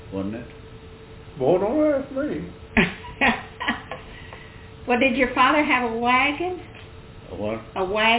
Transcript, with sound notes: wasn't it?
Well, don't ask me!
(Laughter) Well did your father have a wagon?
A what?
A wagon.